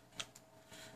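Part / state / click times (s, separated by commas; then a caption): wiring harness connector into a coupler switch header on a controller board / not seated / none. A plastic wiring harness connector is pushed the wrong way round onto a coupler switch header on a controller board. Only faint taps are heard, a sharper one at 0.2 s and a softer one at 0.4 s, followed by low rustling. The backwards connector does not clip in, and nothing has seated or clicked yet.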